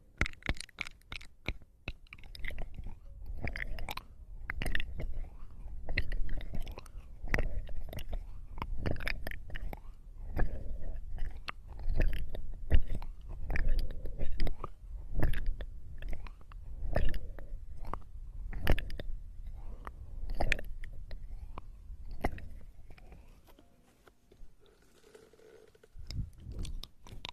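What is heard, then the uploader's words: Close-up ear eating and ear massage sounds: a dense, continuous stream of wet mouth clicks, smacks and crunchy chewing-like noises, coming several times a second. Soft rubbing and low thumps run underneath, and the activity thins out briefly around 23–26 seconds before resuming. Ear eating and ear massage.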